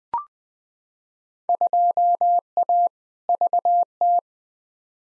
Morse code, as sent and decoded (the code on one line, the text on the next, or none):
..--- .- / ...- -
2A VT